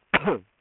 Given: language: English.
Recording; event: throat vibration sensor signal played as sound; cough